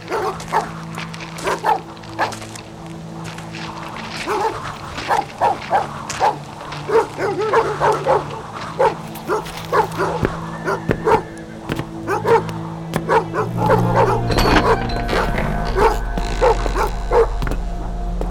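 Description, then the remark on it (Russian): Several dogs bark over and over in an irregular, overlapping chorus of sharp woofs and higher yips, with a low steady hum rising underneath toward the end. “Пока нас собаки с вами не покусали.”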